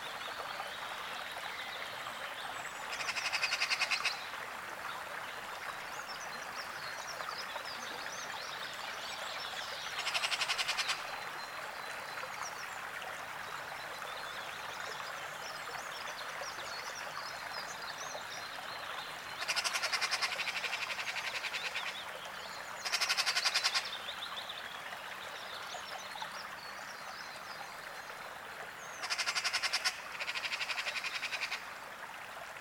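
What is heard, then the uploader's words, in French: An outdoor seasonal ambience with birds, built on a dense, steady chorus of croaking frogs or insects in the mid and upper range. Louder bright bursts of calling stand out around 3, 10, 20, 23 and 29 seconds, over a faint low rumble. Ambiance de Finlance par Jean Louis SICAUD. Sur des sites naturels de la région d'illomantsi en Finlande à la découverte des ambiances et oiseaux présents en cette saison.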